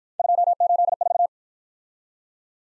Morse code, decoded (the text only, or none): 284